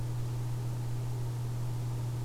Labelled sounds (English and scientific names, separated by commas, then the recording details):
none
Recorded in France